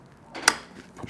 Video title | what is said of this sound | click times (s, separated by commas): How to Install Retro Handlebar Kit on 2024 Triumph Bonneville T120 | push down till it clicks and then make sure you lock that back | 0.5 s